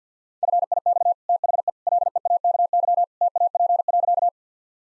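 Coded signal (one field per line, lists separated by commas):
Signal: Morse code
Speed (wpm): 50 wpm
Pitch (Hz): 700 Hz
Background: none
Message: FIX THE LEAKY TAP.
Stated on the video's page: Morse practice of easy sentences with contextual hints at 50 wpm.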